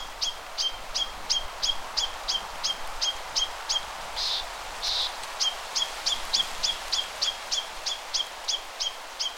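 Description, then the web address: Chinese nuthatch calling in a steady series of short notes, about three per second, briefly broken by two soft rustling bursts midway. "Chinese nuthatch. صدای-پرنده-کمرکولی-چینی"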